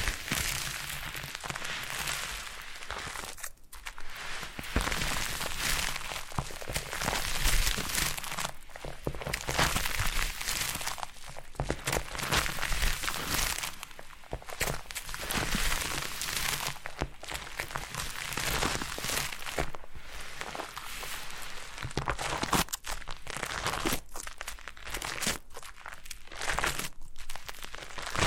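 Foam massage: a steady, dense run of squeaky, crinkling rubbing sounds that rarely pauses over the whole stretch. The rubbing comes in quick, irregular strokes, with short dips at about 3, 9, 14 and 26 seconds, and a low, faint hum sits underneath.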